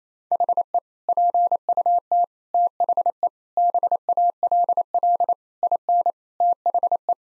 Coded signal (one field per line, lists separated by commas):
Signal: Morse code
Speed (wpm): 28 wpm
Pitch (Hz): 700 Hz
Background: none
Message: HE PUT THE BALL IN THE